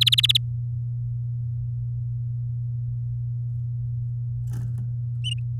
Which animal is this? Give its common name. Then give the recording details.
Domestic Canary. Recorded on 9 May 2018 at 08:19. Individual llb16